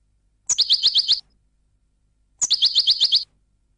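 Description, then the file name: Goldfinch song, two short bursts of rapid, repeated liquid twitters, each under a second, with a pause of about a second between them. "audio burung goldfinch"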